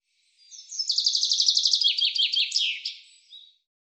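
Bird song of fast repeated high notes, then dropping slurred notes and a flourish, followed by one soft short note after a pause.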